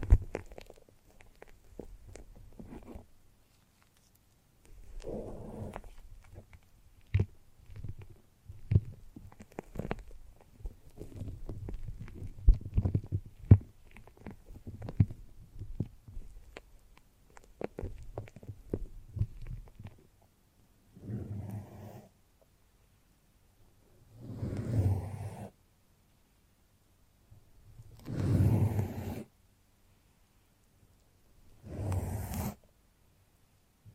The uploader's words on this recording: ASMR The Foamiest and Stickiest Brain Massage (No Talking).